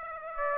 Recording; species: mosquito wingbeat signal from an infrared sensor; Aedes aegypti